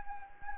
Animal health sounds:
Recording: mosquito wingbeat signal from an infrared sensor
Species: Anopheles gambiae

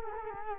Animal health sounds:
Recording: mosquito wingbeat signal from an infrared sensor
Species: Culex quinquefasciatus

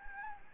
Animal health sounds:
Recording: mosquito wingbeat signal from an infrared sensor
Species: Anopheles gambiae

